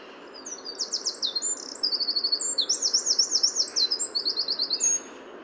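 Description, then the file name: Eurasian wren song, a rapid torrent of very high trills and zipping notes running for about four and a half seconds, with faint steady background hiss. "Troglodytes troglodytes"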